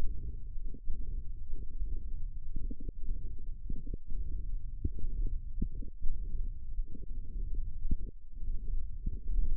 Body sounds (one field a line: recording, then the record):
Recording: forearm muscle sounds (acoustic myography)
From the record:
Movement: hand closing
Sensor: system 1, eight BSWA MPA416 microphones around the upper forearm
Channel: 8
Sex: female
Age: 22 years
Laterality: right